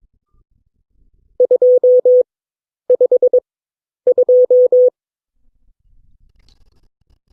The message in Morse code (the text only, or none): 252